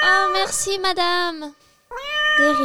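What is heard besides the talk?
cat meowing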